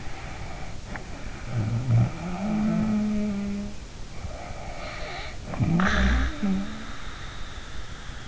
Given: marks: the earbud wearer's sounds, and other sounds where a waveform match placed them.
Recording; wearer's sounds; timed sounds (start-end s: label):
sounds in sleep by an in-ear microphone; snoring breath
0.00-3.87 s: snoring breath
4.32-7.20 s: snoring breath